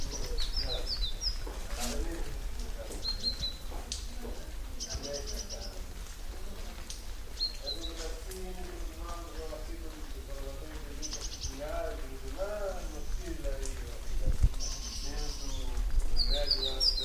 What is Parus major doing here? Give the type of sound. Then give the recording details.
call. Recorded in the wild. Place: Kloster Kera, Insel Kreta, GR. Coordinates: 35.2242, 25.4619. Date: 1996-09-29 17:15. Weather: 18°C, rain. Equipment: Sony MD-WM MZ-R3, Sennheiser MKH 416 T, Kopie Uher 4000 Report Monitor. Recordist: Tembrock, Günter. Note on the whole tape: Rufe